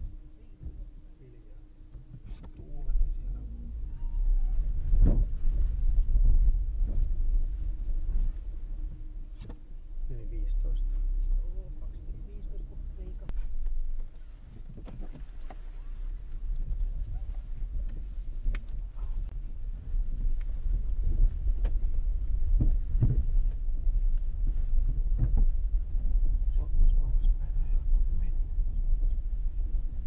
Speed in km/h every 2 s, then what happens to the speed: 0, 0, 9, 0, 0, 0, 0, 6, 5, 8, 9, 8, 12, 11, 8.
0-2 standing. 6-13 standing. 13-19 pulls away to 9. 19-30 steady at about 9.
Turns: none.